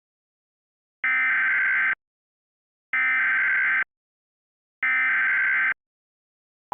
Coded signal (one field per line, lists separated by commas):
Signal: Emergency Alert System (SAME) tones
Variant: header bursts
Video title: On the Loose (An EAS Scenario)